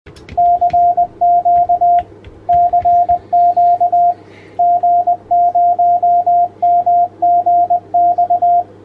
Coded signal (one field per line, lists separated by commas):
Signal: Morse code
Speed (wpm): 20 wpm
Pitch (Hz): 700 Hz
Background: radio noise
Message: CQ CQ G0MGX